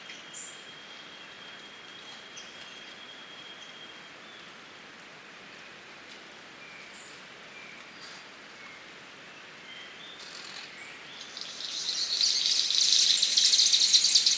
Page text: Чешуйчатая райская птица - King of Saxony Bird-of-paradise (Pteridophora alberti). The Birb